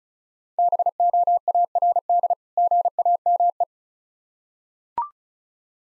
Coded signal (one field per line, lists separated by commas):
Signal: Morse code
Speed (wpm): 36 wpm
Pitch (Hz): 700 Hz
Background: none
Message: BOARD GAME